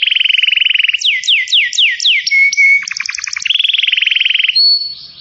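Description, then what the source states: Canary song: rapid rolling trill, a series of descending swooping notes, a pure whistle, staccato clicks, then another fast trill and a thin high tone. Song recording used as a lure to attract birds.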